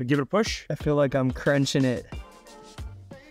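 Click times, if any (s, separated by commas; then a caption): 2.8 s. A graphics card is pushed down into the reinforced silver PCIe slot on a motherboard while someone talks and music plays, with the card feeling like it is crunching as it goes in. A short sharp click at 2.8 s marks the retention latch catching, and the card is seated.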